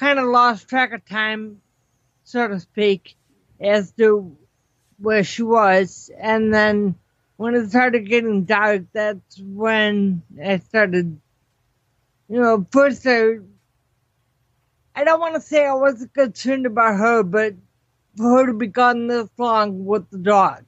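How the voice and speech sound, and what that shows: Adult woman speaking in choppy bursts with long irregular pauses and stretched sounds, fitting ataxic dysarthria from cerebellar ataxia, a condition that causes muscular and speech problems.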